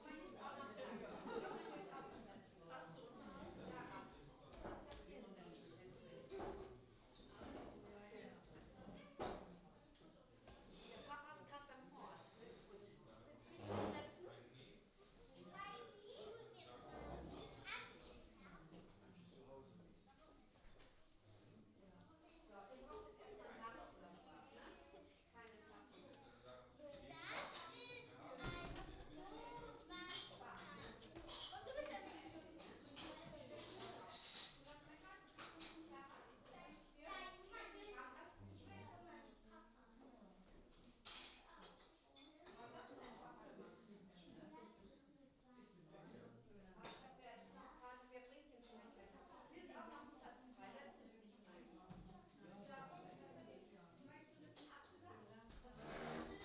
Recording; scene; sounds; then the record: everyday scene through a hearing-aid microphone; many people talking; many voices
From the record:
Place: parish hall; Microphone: in the ear canal, left